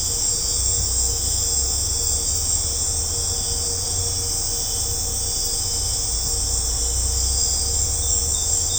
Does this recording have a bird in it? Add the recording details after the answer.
no. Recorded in secondary vegetation near Puerto Asís, Putumayo, Colombia, on 20 December 2024 at 20:00. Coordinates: 0.502, -76.326. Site G028